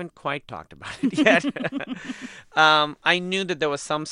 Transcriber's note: laughter